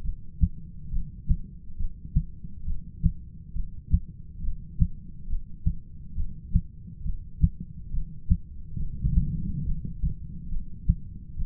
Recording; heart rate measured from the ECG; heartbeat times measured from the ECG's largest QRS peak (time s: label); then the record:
heart sounds by stethoscope; 69 bpm
0.03 s: heartbeat
0.92 s: heartbeat
1.78 s: heartbeat
2.66 s: heartbeat
3.54 s: heartbeat
4.42 s: heartbeat
5.29 s: heartbeat
6.16 s: heartbeat
7.04 s: heartbeat
7.92 s: heartbeat
8.79 s: heartbeat
9.65 s: heartbeat
10.50 s: heartbeat
11.38 s: heartbeat
From the record:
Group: heart failure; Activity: rest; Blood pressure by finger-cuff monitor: 128/88 mmHg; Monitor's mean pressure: 102 mmHg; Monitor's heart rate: 68 bpm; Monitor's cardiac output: 7.1 L/min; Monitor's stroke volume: 104 mL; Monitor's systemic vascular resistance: 1070 dyn s/cm5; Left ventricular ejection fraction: 25%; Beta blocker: metoprolol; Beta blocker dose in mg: 62.5 twice daily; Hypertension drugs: ramipril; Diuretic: furosemide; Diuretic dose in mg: 40 twice daily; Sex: male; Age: 57 years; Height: 180 cm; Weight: 90.5 kg